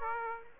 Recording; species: mosquito wingbeat signal from an infrared sensor; Aedes aegypti